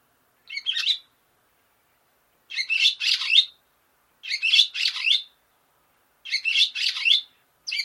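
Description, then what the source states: Barn swallow calls: short bursts of sharp, scratchy twittering notes, often paired, coming about every two seconds with silence between. Bird sound only.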